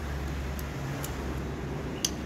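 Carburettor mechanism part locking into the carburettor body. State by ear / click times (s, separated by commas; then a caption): seated / 2.1 s. A part of a 2-stroke Yamaha RX 100/135/Z carburettor is moved until it locks into the carburettor body, over a steady low hum. A faint tick sounds at about 1.0 s, then a sharp click at 2.1 s as the part seats and locks into position.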